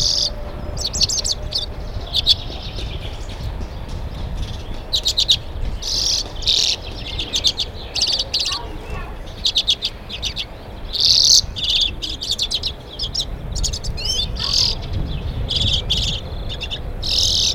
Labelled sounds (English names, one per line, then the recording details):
Common Redpoll
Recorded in the wild
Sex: male
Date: 1978-04-18
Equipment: Nagra III BH, Sennheiser MD 21
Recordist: Schubert, Michael
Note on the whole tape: Rufe und Gesang Birkenzeisig Männchen